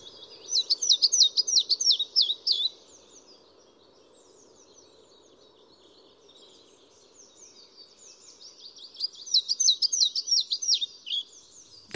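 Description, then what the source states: European Pied Flycatcher song: two short bursts of high, quick, see-sawing notes separated by a long pause, over a low steady hum. Familiar-looking bird often nesting in garden nest boxes; the song is not easy, stringing notes together in the rhythm of randomly spoken two-syllable numbers.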